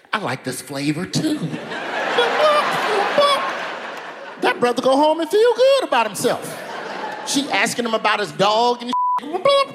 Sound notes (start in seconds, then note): 1.3 laughter; 5.6 laughter